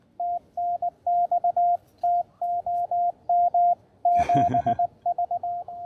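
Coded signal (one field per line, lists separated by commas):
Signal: Morse code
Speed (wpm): 19 wpm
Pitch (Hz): 690 Hz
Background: radio noise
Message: TNX TOM 7V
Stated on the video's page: Park activation using an Elecraft K1, CW Morse TSL1 single-lever paddle, battery power, and a CHA LEFS 4010 antenna at a state park.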